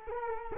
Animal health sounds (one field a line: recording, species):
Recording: mosquito wingbeat signal from an infrared sensor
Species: Culex quinquefasciatus